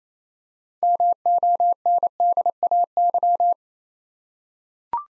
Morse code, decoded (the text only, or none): MONDAY